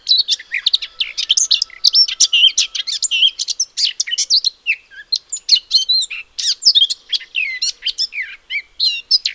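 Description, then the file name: Eurasian blackcap singing a dense, hurried warble of scratchy clicks and short high whistles, barely pausing, with a faint steady tone underneath early on. "Sylvia atricapilla"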